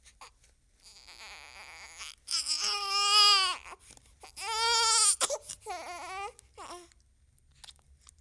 Baby Crying.